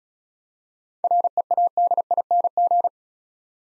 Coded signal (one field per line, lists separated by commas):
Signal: Morse code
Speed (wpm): 34 wpm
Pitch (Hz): 700 Hz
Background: none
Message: READING